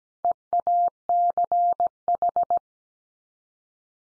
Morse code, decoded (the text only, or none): EACH